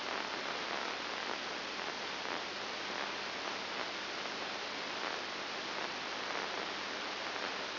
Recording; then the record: brain microelectrode recording played as sound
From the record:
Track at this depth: inside the subthalamic nucleus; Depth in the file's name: 5.101 mm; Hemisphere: left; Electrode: 2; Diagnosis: Parkinson's disease